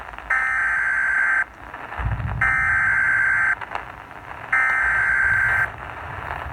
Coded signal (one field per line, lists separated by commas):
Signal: Emergency Alert System (SAME) tones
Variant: header bursts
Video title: Severe Thunderstorm warning | AM Radio | EAS# 50